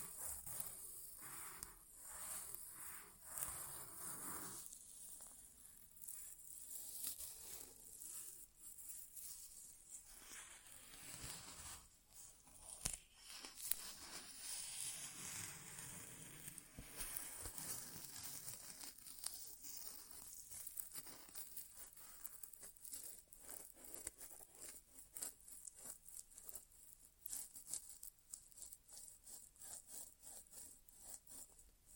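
An ear exam with no talking, made of continuous rubbing and scratching that sounds like something brushed and scraped against a microphone. The textures are dense and bright, with quick repeated strokes, occasional louder taps, and a short burst of crinkling around thirteen seconds.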